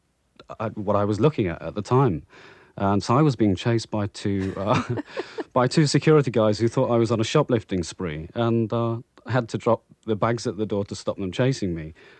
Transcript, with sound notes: what I was looking at at the time. And so I was being chased by two...
(laughs)
... by two security guards who thought I was on a shoplifting spree, and had to drop the bags at the door to stop them chasing me.